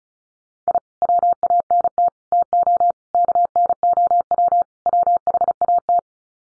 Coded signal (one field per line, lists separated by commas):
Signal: Morse code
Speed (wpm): 34 wpm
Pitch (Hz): 700 Hz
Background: none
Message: I WANT TO KNOW WHAT